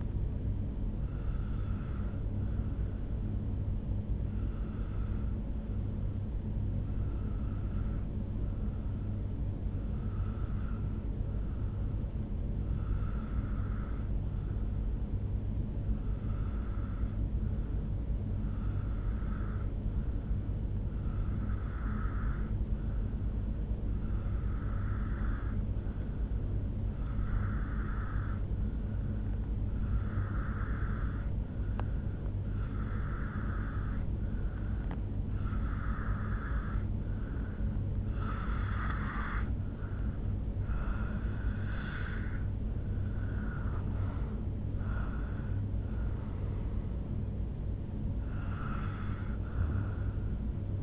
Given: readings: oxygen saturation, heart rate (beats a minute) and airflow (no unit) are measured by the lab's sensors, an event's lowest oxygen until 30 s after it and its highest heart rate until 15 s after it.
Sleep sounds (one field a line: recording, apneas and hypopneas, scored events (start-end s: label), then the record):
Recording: breathing in sleep by a smartphone at the bedside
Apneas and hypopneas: 1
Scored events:
3.00-42.30 s: hypopnea (N1, oxygen 96% highest, then 88% lowest, heart rate 64 at the start, 77 highest)
10.00-40.00 s: new sleep stage, N2 (light sleep)
40.00-50.83 s: new sleep stage, N1 (lightest sleep)
From the record:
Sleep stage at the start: N1 (lightest sleep)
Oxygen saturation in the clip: 89 to 96%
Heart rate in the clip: 62 to 77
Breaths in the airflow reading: 15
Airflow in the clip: -8.5 to 5.6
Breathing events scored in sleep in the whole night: 449 in 7.0 hours asleep